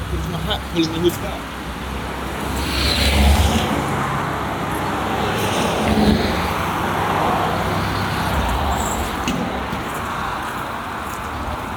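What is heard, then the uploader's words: Traffic on a road at midday: a steady, dense wash of tyre and engine noise. Passing cars swell the sound around three seconds and again through the middle, over a constant low rumble, with a few small knocks near the start. Skipton Road, Midday. Part of the Sound Map Of Harrogate.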